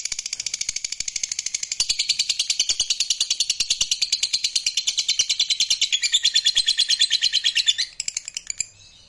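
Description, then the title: Lovebird giving a long rapid chattering trill that builds in strength, holds steadily, then fades out near the end. Fighter lovebird giving a long ngekek trill. "Begitu Dengar Suara Lovebird FIGHTER NGEKEK PANJANG"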